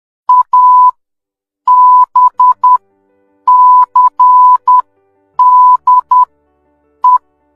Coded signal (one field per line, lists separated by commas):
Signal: Morse code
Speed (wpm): 10 wpm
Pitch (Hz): 1000 Hz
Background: none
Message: ABCDE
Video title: morse Code#Knowledge#Sign Language#work#Mindgames#alfabets#Country#Code#comedy #tabeladinamica